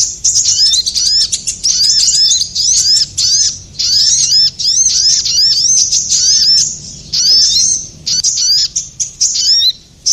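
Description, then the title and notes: Bird calls: fast series of high, bright upslurred chirps, densely packed and overlapping, pausing briefly between bursts. Compilation of bird lure sounds used to attract stubborn birds that are hard to approach. "Suara Burung Bandel Yang Susah Mendekati. Kompilasi Suara Pikat Burung"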